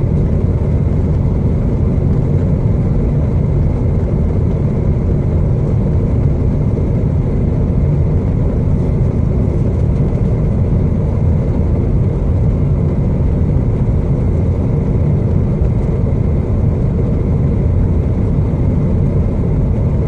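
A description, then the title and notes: A plane flies through a storm, its steady low roar filling the whole twenty seconds without any break. The rumble is dense and heavy in the bass, with a thin constant hiss above and a faint whine holding a fixed pitch. This episode of The White Noise Podcast is a Plane flying with a storm.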